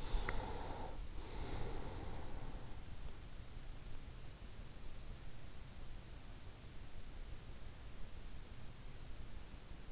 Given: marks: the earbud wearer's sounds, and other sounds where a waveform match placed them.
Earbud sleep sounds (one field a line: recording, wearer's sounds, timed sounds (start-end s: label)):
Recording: sounds in sleep by an in-ear microphone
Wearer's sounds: breath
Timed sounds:
0.00-2.90 s: breath